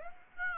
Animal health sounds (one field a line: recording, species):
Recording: mosquito wingbeat signal from an infrared sensor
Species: Aedes aegypti